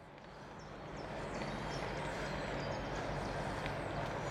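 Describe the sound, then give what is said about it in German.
A steady, dense mechanical rumble swells in over the first second, then holds as a constant low engine drone with broad hissing noise, like a tractor pulling a spreader; faint bird chirps poke through above. “Ja, der Bauer fährt Mist. Das Geräusch, was ihr jetzt hier hört. Trecker, Mistanhänger und der verteilt die Scheiße schön auf der Wiese. Mann, kann das Ding weit werfen. Ist locker ein 20 Meter Radius, wenn nicht mehr.”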